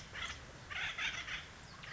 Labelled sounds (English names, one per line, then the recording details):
Acorn Woodpecker
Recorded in Sonoma County, California